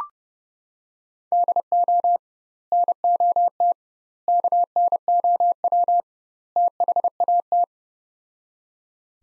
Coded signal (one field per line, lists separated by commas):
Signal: Morse code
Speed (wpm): 31 wpm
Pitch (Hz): 700 Hz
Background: none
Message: DO NOT KNOW THAT